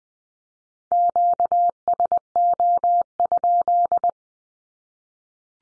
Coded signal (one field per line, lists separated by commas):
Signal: Morse code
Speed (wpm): 20 wpm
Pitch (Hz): 700 Hz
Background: none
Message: QSO?